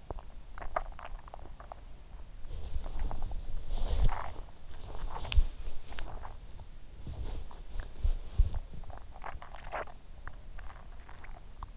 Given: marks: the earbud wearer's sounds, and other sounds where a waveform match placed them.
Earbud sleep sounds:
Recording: sounds in sleep by an in-ear microphone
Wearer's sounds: swallowing, body movement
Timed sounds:
0.00-1.82 s: swallowing
2.50-6.41 s: body movement
7.09-8.73 s: body movement
8.95-11.77 s: swallowing

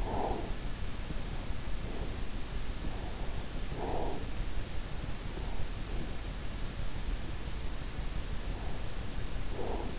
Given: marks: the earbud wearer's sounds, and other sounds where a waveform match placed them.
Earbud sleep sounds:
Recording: sounds in sleep by an in-ear microphone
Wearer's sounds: breath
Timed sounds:
0.00-0.67 s: breath
3.77-4.34 s: breath
9.43-9.99 s: breath

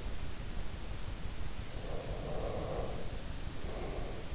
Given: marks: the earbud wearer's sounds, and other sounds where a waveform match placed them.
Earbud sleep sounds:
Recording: sounds in sleep by an in-ear microphone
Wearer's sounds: breath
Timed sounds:
1.72-4.32 s: breath

